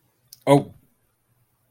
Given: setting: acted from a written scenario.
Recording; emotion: vocal sound without words; negative surprise